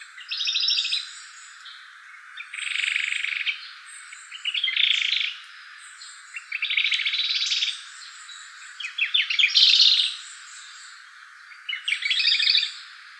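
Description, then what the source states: Hume's leaf warbler: clustered high, rattling chirps delivered in roughly one-second bursts, repeated about every two seconds, some phrases sounding buzzier than others. Recorded 11 May 2019.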